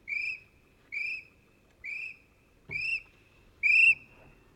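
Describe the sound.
Kiwi whistling: five sharp, rising notes about one second apart, the final note loudest, against a quiet background.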